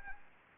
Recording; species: mosquito wingbeat signal from an infrared sensor; Anopheles arabiensis